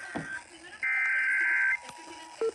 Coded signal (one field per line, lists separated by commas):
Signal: Emergency Alert System (SAME) tones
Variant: header bursts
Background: speech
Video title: HALF AN HOUR EARLY… (San Luis Obispo County Monthly EAS Test from 8/3/23) (EAS #1,071-1,090)